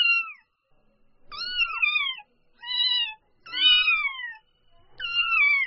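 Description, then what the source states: Domestic cat: kitten calling in five quick, high-pitched mews, several bending downward, coming irregularly with short pauses in between. Newborn kitten calling.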